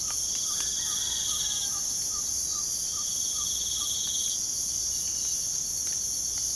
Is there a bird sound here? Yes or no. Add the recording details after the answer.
no. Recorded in pastures near Puerto Asís, Putumayo, Colombia, on 25 June 2025 at 05:00. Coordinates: 0.497, -76.327. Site G040